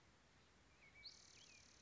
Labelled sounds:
Spotted Towhee (Pipilo maculatus)

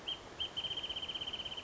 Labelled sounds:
Wrentit (Chamaea fasciata)

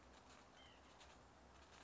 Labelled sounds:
White-breasted Nuthatch (Sitta carolinensis)

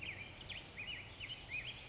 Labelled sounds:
Black-headed Grosbeak (Pheucticus melanocephalus)

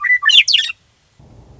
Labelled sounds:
Western Meadowlark (Sturnella neglecta)

